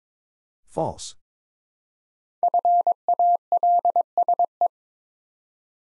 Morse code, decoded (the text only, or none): FALSE